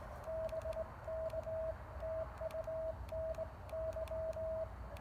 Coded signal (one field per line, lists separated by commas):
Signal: Morse code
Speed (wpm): 18 wpm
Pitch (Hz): 640 Hz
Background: radio noise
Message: BK TU NY